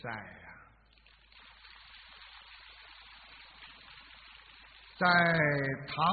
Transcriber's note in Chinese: 掌声